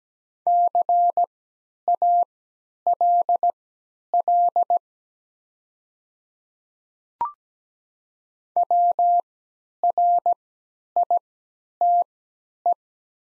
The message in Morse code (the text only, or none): CALL WRITE